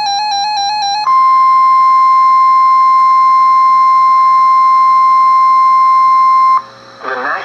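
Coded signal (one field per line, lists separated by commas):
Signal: Emergency Alert System (SAME) tones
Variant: 1050 Hz attention tone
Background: music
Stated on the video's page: Severe Thunderstorm Warning received from NOAA Weather Radio transmitter.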